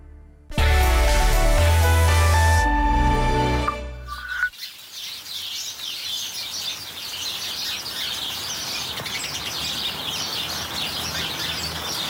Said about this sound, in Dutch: heeft een heel klein tuintje met heel veel mussen. Die ondanks het grijze en regenachtige weer vrolijk kwetteren.